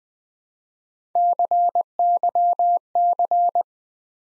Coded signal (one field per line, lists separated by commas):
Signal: Morse code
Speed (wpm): 20 wpm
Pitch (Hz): 700 Hz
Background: none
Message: CYC